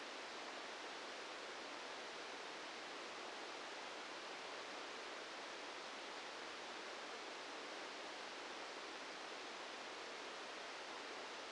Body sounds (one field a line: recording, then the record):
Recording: brain microelectrode recording played as sound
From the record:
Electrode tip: outside the subthalamic nucleus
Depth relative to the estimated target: -10 mm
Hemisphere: right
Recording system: NeuroSet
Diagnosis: Parkinson's disease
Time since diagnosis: 13 years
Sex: male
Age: 66 years